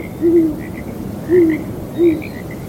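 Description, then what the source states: Owl hooting: three short, low hoots over a continuous frog chorus. Breezy night; owls hooting together with frogs.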